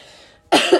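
An adult woman with a common cold gives a cough.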